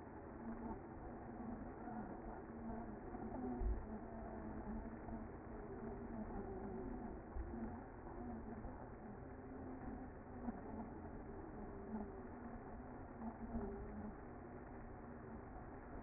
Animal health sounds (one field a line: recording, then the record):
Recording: honeybee colony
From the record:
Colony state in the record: active